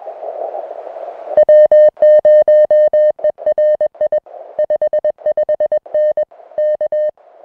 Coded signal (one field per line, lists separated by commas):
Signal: Morse code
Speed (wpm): 21 wpm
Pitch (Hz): 610 Hz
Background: music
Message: W0ERI 55N K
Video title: Idaho QSO Audio